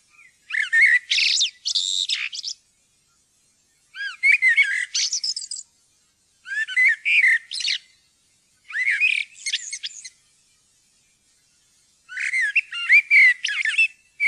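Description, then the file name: Common blackbird singing five phrases separated by short pauses, each opening with low mellow fluting and closing in a squeaky, chattering twitter. "svarttrost"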